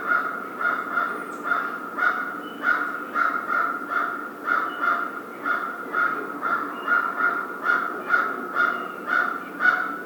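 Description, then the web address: American crow calling steadily, harsh nasal caws repeated about twice a second throughout, fairly even in pitch. Recorded 1 February 2010. "Crow 2010 02 01 American Crow"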